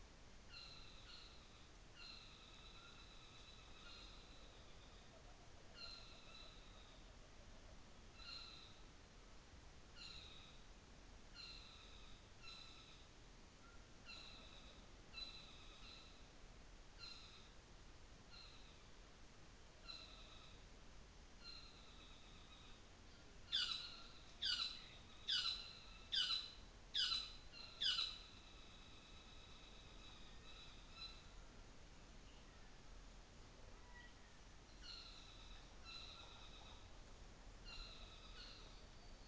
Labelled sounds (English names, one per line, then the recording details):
North Island Saddleback
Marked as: faintness 3/5, faintness 1/5
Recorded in New Zealand on 24 December 2018
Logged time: 17:00